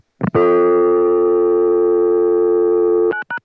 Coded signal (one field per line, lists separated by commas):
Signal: telephone call progress tone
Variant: North America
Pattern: dial tone